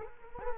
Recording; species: mosquito wingbeat signal from an infrared sensor; Culex quinquefasciatus